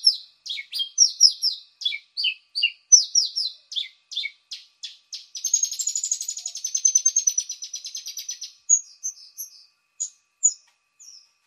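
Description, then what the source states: Javan bushlark song of varied high chirps and falling notes, then a long buzzy high trill lasting about three seconds before scattered chirps resume. Described as a village bird.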